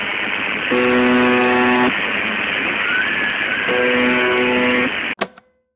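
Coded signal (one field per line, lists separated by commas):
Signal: numbers station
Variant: UVB-76 The Buzzer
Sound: two harsh low buzzes about a second long, three seconds apart, over static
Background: radio static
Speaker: coloquialmente a la emisión se le dio el nombre de The buer pues durante 23 horas y 50 minutos todos los días Solo parando 10 minutos se escucha un zumbido intermitente es el siguiente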